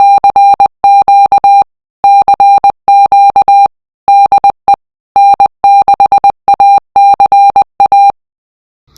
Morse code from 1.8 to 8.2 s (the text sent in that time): CQ DE N6ACA